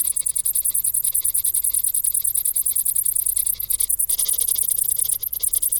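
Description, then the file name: Crickets calling with shrill, rapidly repeated pulses forming an unbroken chorus. "Grillen"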